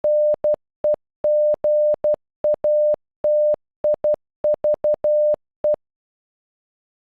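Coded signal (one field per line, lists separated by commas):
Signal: Morse code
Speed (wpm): 12 wpm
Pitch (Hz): 600 Hz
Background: none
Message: NEGATIVE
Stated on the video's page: Computer-generated Morse for a single word, made with an online converter's audio playback.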